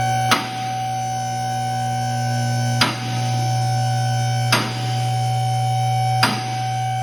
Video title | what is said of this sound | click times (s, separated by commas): 2 Post Vehicle Lift Procedure | safety catch catches so you'll hear this clang clang clang clang as it goes up so here we go | 0.3 s, 2.8 s, 4.5 s, 6.2 s